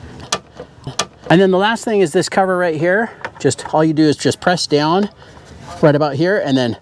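Plastic push-pin retainers are pressed into the battery cover and its mounting holes on a 2010–2017 Chevy Equinox / GMC Terrain during a battery replacement, with their center parts pushed down to lock them. Two sharp snaps are heard at 0.3 s and 1.0 s as the clips seat, followed by someone talking.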